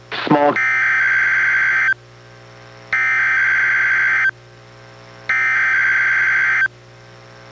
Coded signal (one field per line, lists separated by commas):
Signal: Emergency Alert System (SAME) tones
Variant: header bursts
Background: speech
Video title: EAS #921: NWR Required Weekly Test- Apr. 3, 2024- 11:09AM PDT